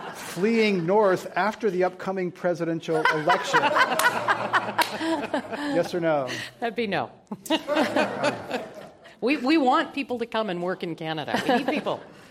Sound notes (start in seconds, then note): 2.9 laughter; 7.4 laugh